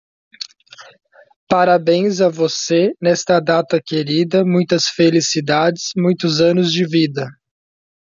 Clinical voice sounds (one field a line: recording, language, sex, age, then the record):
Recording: short text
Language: Brazilian Portuguese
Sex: male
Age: 20 to 29 years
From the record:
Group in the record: control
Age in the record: 27 years